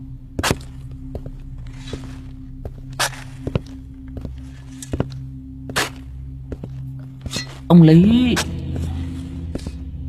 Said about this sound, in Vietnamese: Đang hì hục đào thì đằng sau lưng của lão vang lên tiếng bước chân lịch bà lịch bịch, dẫm lên trên những cái tấm nấm mộ được người ta cẩn thận ốp gạch ong, chính là nơi khu mộ của những người giàu có.